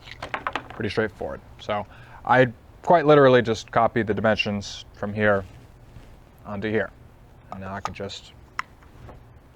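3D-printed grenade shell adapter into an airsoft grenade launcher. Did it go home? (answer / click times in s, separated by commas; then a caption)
yes / 8.6 s. Someone talks while a 3D-printed plastic Vog-25/Vog-25P shell adapter is inserted into an airsoft Dboys/Double Bell GP-25 grenade launcher. A short sharp click at 8.6 s marks the shell seating, locked in place until the release button is pressed.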